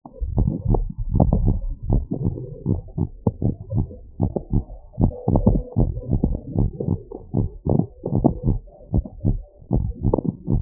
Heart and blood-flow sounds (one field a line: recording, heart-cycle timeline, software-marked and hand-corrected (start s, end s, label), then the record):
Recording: heart sounds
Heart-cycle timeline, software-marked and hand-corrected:
0.00	0.02	S2
0.02	0.36	diastole
0.36	0.52	S1
0.52	0.70	systole
0.70	0.84	S2
0.84	1.18	diastole
1.18	1.32	S1
1.32	1.46	systole
1.46	1.58	S2
1.58	1.88	diastole
1.88	2.02	S1
2.02	2.22	systole
2.22	2.34	S2
2.34	2.68	diastole
2.68	2.80	S1
2.80	2.98	systole
2.98	3.08	S2
3.08	3.42	diastole
3.42	3.54	S1
3.54	3.74	systole
3.74	3.86	S2
3.86	4.22	diastole
4.22	4.32	S1
4.32	4.54	systole
4.54	4.66	S2
4.66	5.02	diastole
5.02	5.16	S1
5.16	5.44	systole
5.44	5.60	S2
5.60	5.88	diastole
5.88	6.00	S1
6.00	6.22	systole
6.22	6.34	S2
6.34	6.60	diastole
6.60	6.70	S1
6.70	6.88	systole
6.88	7.00	S2
7.00	7.36	diastole
7.36	7.48	S1
7.48	7.68	systole
7.68	7.80	S2
7.80	8.14	diastole
8.14	8.26	S1
8.26	8.46	systole
8.46	8.58	S2
8.58	8.94	diastole
8.94	9.04	S1
9.04	9.26	systole
9.26	9.38	S2
9.38	9.74	diastole
9.74	9.88	S1
9.88	10.06	systole
10.06	10.18	S2
10.18	10.50	diastole
10.50	10.62	S1
From the record:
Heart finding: normal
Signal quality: good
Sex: female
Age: 63 years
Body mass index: 36.7